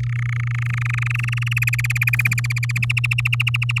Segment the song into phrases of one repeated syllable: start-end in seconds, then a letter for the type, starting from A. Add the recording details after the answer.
0.00-1.59 A, 1.62-2.72 B, 2.75-3.80 C. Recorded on 7 May 2018 at 05:36. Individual llb16